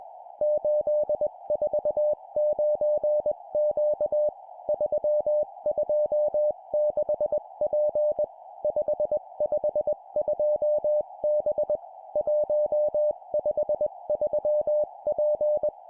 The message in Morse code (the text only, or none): 849Q 326P 552B 153P